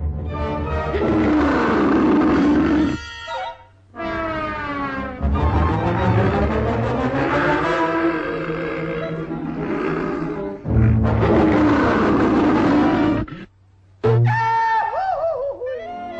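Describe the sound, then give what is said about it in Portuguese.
A lion roars loudly several times in a row, each long, rumbling, growling roar separated by brief pauses, with a final shorter snarl at the end. “Ele sentiu um estalo dentro do peito. E tornou-se um leão feroz.”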